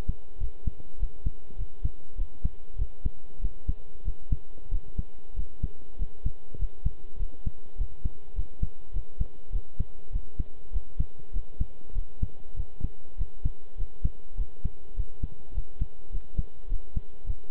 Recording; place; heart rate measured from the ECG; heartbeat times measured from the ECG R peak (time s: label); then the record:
heart sounds by stethoscope; between the tricuspid and mitral areas; 100 bpm
0.40 s: heartbeat
0.99 s: heartbeat
1.58 s: heartbeat
2.17 s: heartbeat
2.77 s: heartbeat
3.41 s: heartbeat
4.04 s: heartbeat
4.70 s: heartbeat
5.35 s: heartbeat
5.98 s: heartbeat
6.58 s: heartbeat
7.18 s: heartbeat
7.77 s: heartbeat
8.35 s: heartbeat
8.93 s: heartbeat
9.52 s: heartbeat
10.11 s: heartbeat
10.72 s: heartbeat
11.33 s: heartbeat
11.94 s: heartbeat
12.56 s: heartbeat
13.17 s: heartbeat
13.77 s: heartbeat
14.37 s: heartbeat
14.95 s: heartbeat
15.54 s: heartbeat
16.11 s: heartbeat
16.69 s: heartbeat
17.26 s: heartbeat
From the record:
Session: pedaling a stationary bicycle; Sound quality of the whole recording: good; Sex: male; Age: 23 years